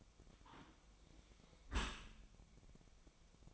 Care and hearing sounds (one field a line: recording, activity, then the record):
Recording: daily activity, microphone in the room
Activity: close dishwasher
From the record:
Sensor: 1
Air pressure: 1003.1 hPa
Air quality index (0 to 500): 197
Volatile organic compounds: 6 ppm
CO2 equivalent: 1883 ppm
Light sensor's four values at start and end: 24/60/25/31 and 25/61/26/31